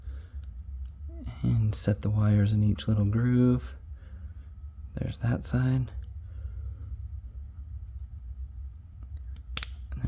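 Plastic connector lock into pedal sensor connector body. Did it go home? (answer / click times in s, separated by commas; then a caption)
yes / 9.6 s. Someone talks while setting wires into the grooves of the accelerator pedal sensor connector during a Z-Block accelerator pedal kit installation on a 2004–2005 Cadillac CTS-V. The plastic connector lock is then pressed shut into the connector body and gives a sharp, loud click at 9.6 s, seating into place.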